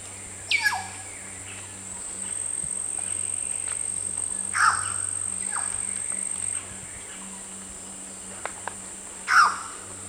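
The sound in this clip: Band-tailed Cacique calls, three loud, sharply descending notes, over a steady high insect drone and low hum.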